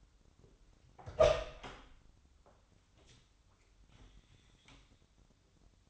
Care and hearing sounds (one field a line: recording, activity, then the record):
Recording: daily activity, microphone in the room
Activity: open door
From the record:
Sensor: 3